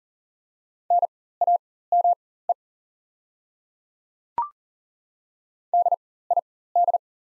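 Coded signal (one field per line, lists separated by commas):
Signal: Morse code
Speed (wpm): 40 wpm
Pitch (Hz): 700 Hz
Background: none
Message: NAME DID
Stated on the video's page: Morse practice of the top 200 words at 40wpm with 4x character spacing, Farnsworth-style timing for learners.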